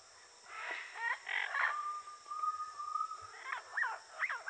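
Parrot calls: raspy squawks, then a long steady whistled tone near the middle, followed by looping, wavering harmonic notes.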